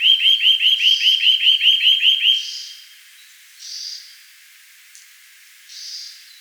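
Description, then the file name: Eurasian nuthatch calling in a brisk run of ringing upslurred notes over about two and a half seconds, followed by a few soft, fainter sounds. "Sitta europaea"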